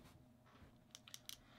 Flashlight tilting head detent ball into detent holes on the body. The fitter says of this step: just snaps into place rather nicely kind of has a satisfying click each